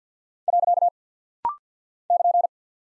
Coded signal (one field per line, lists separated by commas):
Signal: Morse code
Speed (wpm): 50 wpm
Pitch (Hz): 700 Hz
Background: none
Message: . <KN>